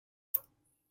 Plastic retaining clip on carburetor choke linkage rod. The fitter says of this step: wait on until it clicks into place